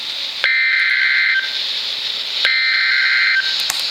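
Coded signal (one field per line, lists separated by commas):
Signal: Emergency Alert System (SAME) tones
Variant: header bursts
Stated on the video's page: NOAA weather radio station alerts for severe thunderstorm and special marine warnings.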